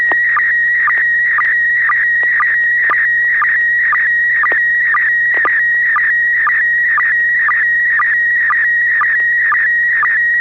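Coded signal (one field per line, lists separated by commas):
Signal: SSTV (slow-scan television)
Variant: PD120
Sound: steady high warbling tone with short low blips about twice a second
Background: low hum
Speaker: and I'm going about to share an image myself this will be pd120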